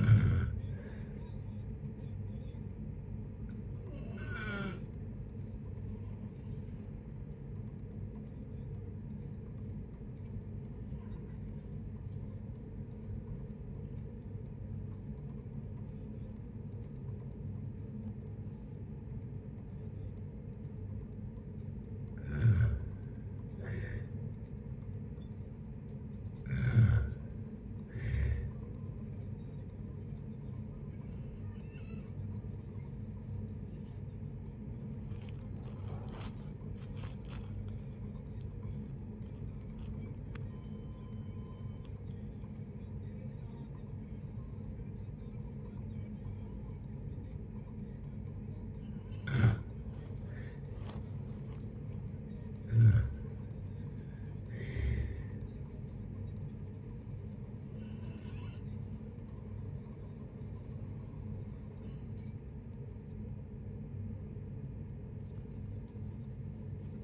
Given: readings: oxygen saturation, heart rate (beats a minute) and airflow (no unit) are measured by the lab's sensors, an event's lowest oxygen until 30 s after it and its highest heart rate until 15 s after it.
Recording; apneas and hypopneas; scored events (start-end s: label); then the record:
a person awake in a sleep study, by a smartphone at the bedside; none
0.00-67.03 s: awake
0.00-67.03 s: awake
From the record:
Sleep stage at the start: awake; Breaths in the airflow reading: 22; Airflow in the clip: -0.7 to 0.7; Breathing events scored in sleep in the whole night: 496 in 5.4 hours asleep